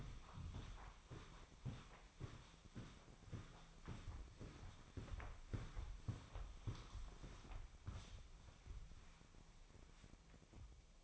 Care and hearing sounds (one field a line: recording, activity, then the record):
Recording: daily activity, microphone in the room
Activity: walk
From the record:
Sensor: 1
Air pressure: 1009.3 hPa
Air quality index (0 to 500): 186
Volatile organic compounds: 4 ppm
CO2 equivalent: 1568 ppm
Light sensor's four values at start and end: 50/133/55/66 and 49/133/54/66